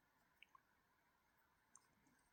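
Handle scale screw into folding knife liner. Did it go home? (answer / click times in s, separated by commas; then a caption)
no / none. While reassembling a Benchmade Mini Griptilian folding pocket knife after swapping its handle scales, a small screw is driven through the scale into the liner, with short sharp driver and handling clicks at about 0.4, 0.6 and 1.8 seconds over a faint steady hiss. The screw will not thread in, possibly cross-threaded, and nothing has seated or clicked into place.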